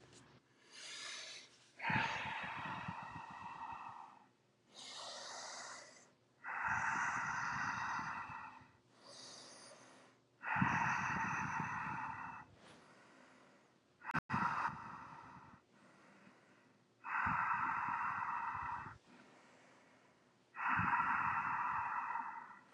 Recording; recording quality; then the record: deep breathing; excellent, no background noise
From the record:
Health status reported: exposed to COVID-19, no respiratory illness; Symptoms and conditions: hypertension, diabetes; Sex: male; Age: 49 years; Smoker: not ticked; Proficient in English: yes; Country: United States